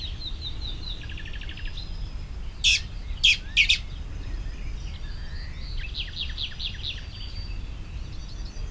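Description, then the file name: Common blackbird giving three harsh chacks close together around three seconds; other birds add rapid high trills and buzzy phrases before and after. "Turdus merula"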